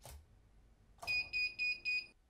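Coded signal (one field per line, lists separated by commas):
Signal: none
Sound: slider's session-complete beeps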